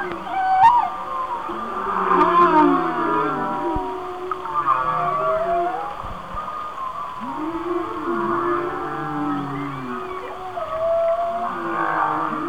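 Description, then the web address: Whale song: overlapping low moans and arching, bending tones with higher wavering whistles, several calls layered at once over a steady hiss. "Whale Songs Whale Songs- Mike Mc Donald"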